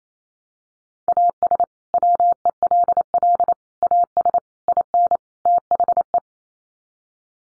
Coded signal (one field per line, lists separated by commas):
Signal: Morse code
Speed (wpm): 28 wpm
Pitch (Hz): 700 Hz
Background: none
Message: AS WELL AS IN THE